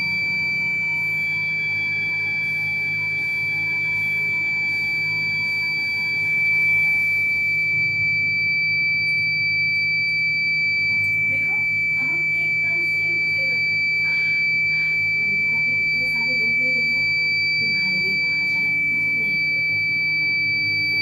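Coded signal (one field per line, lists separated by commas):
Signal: alarm pattern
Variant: Kent RO water purifier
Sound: unbroken high-pitched electronic tone for the whole clip over low humming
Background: appliance hum, handling noise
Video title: Kent RO beep sound problem #waterpurifier chowk reset #water #automobile #electronic #aquaguard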